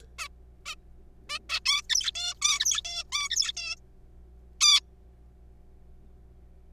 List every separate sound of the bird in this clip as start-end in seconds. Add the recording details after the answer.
0.19-0.28, 0.66-0.75, 1.29-1.38, 1.50-1.59, 1.66-1.82, 1.90-2.11, 2.15-2.34, 2.42-2.81, 2.85-3.04, 3.12-3.29, 3.30-3.52, 3.57-3.76, 4.61-4.80. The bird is a juvenile. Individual R3428